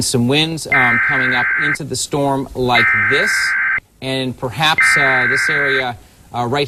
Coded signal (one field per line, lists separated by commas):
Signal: Emergency Alert System (SAME) tones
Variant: header bursts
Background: speech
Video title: June 3, 2008 Severe/Tornado Warning Coverage: Southwest Ohio